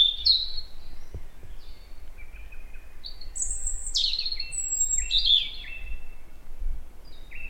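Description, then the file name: European robin song: thin, high warbled phrases with sliding whistles, delivered in separate bursts with short pauses, over a low steady rumble. "Erithacus rubecula"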